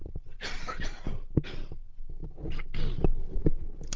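An adult man gives a run of several harsh, noisy bursts over a few seconds, irregular in timing, with throaty low rumble in between. These are repeated coughs from a very tickly throat.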